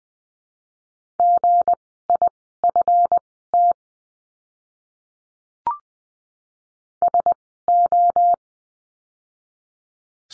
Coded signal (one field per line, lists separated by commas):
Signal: Morse code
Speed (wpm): 20 wpm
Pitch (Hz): 700 Hz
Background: none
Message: GIFT SO